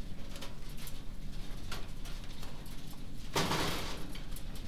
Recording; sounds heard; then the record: poultry house recording; no chicken sound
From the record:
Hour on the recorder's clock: 20